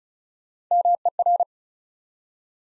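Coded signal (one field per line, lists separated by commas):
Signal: Morse code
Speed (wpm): 36 wpm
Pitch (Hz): 700 Hz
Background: none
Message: MER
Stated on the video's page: Morse code practice at 35 wpm: 4-letter words built up one letter at a time, for instant character recognition training.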